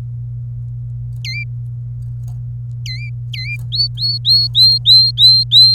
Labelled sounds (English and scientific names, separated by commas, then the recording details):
Domestic Canary (Serinus canaria) song
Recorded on 27 April 2018 at 08:53
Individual llb3